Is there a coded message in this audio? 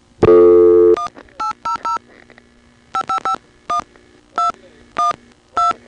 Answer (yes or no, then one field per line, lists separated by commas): yes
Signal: DTMF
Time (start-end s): 1.0-5.7 s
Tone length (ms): 120 ms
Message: 1800 5551212